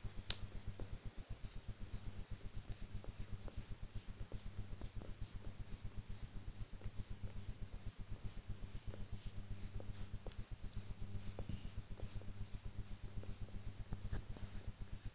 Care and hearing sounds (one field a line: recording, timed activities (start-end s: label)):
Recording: household activities, microphone on the right wrist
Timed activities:
0.00-15.15 s: petting the dog